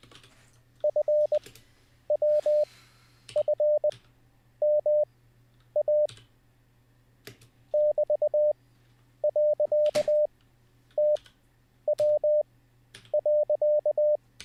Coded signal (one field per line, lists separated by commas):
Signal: Morse code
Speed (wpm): 20 wpm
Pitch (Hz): 600 Hz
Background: none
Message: FWFMA <BT>.TW.